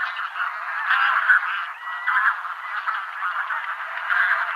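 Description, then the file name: Taiga bean goose flock giving overlapping nasal honks and cackles, continuous and jumbled, with louder surges around one, two and four seconds. Nominate subspecies Anser fabalis fabalis. "Patrik berg - Gumennik Anser fabalis fabalis"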